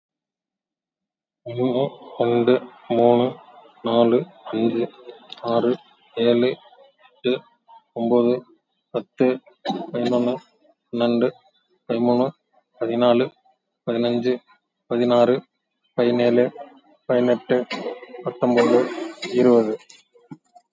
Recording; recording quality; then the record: counting at a normal pace; excellent, no background noise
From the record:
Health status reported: COVID-19 positive, moderate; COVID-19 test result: positive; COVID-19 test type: RT-PCR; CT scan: taken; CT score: 15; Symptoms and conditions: cough, cold, fever, muscle pain, loss of smell and taste, diarrhoea, another condition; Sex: male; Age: 55 years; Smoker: no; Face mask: worn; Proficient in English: yes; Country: India